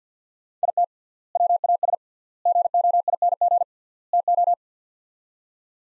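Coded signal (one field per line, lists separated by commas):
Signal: Morse code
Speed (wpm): 50 wpm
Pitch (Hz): 700 Hz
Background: none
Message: IT WAS GOING TO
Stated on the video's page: Morse practice at 50 wpm, sets of four words with 3x word spacing, a word-based Farnsworth-like method.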